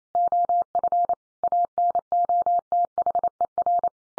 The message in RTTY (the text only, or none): none